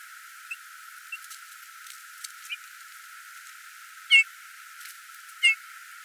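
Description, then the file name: Eurasian bullfinch giving two soft piping whistles near the end, preceded by faint, scattered ticking sounds. "Domherre"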